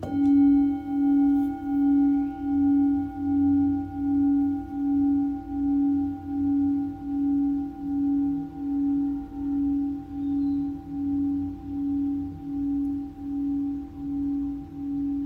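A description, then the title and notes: A Tibetan singing bowl rings with a steady, sustained tone that pulses in a slow, even wobble about every second. A fainter high overtone hangs above the main note, and a low rumbling murmur sits underneath throughout, while the ringing fades slightly over time. Tibetan Singiing Bowl.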